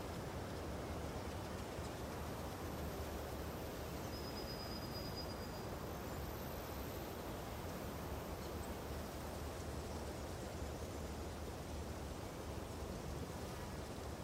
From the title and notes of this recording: Sounds of Nature: A Green Forest in Spring. An aural exploration of a lush green forest in spring, from morning until night. There will be wind, birds, and the rustling of leaves and trees.